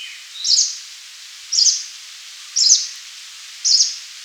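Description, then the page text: Green warbler calling: four crisp, high-pitched chip notes spaced roughly one second apart against a quiet hiss. "Green Warbler Call. Quick Sounds"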